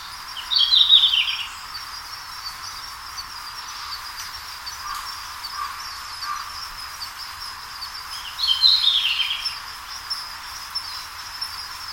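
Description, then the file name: Red-flanked bluetail singing a brief, high, descending warbled phrase twice, about eight seconds apart, against constant background hiss. "ruribitaki"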